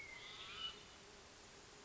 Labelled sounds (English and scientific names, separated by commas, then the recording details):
Hermit Thrush (Catharus guttatus)
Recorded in Sonoma County, California